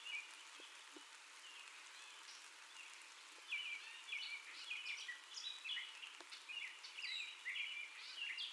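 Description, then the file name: Gray catbird song, fainter at first, then a run of squeaky, scratchy varied phrases; a few soft clicks in the background. First song, 30 May 2021. "2021-05-30 Catbird First Song"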